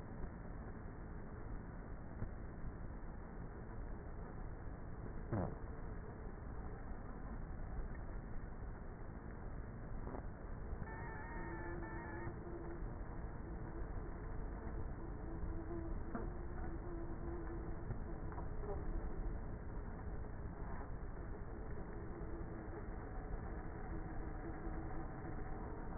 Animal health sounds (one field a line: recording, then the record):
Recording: honeybee colony, microphone inside the hive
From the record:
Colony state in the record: queenless with a low population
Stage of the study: before two queens were removed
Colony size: about 30,000 bees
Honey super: no